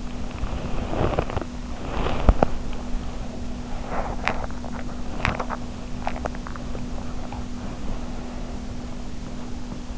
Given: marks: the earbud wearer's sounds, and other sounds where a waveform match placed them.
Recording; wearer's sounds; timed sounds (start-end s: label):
sounds in sleep by an in-ear microphone; body movement, teeth grinding, swallowing
0.00-3.50 s: body movement
2.21-2.64 s: teeth grinding
3.80-4.46 s: teeth grinding
4.60-5.76 s: swallowing
4.99-5.76 s: body movement
5.89-7.51 s: swallowing